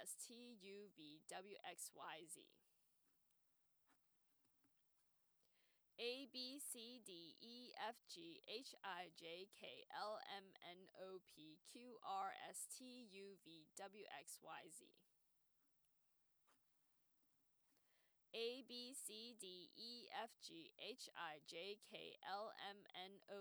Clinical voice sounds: letters of the alphabet, spoken; free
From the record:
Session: first day, before the bite bar

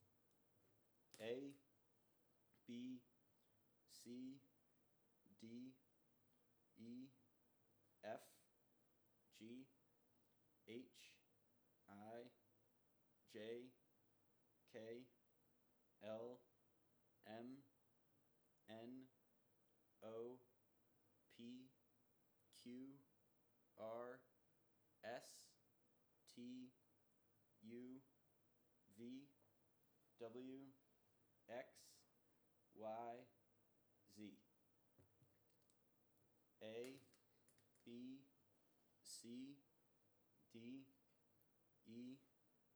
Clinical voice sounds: letters of the alphabet, spoken; free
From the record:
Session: first day, before the bite bar

